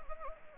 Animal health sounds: mosquito wingbeat signal from an infrared sensor; Anopheles arabiensis

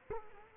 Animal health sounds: mosquito wingbeat signal from an infrared sensor; Culex quinquefasciatus

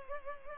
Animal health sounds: mosquito wingbeat signal from an infrared sensor; Culex pipiens

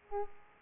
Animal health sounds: mosquito wingbeat signal from an infrared sensor; Aedes aegypti

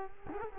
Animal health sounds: mosquito wingbeat signal from an infrared sensor; Culex quinquefasciatus

